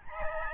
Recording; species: mosquito wingbeat signal from an infrared sensor; Aedes albopictus